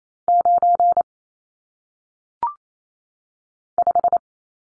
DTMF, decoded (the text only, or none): none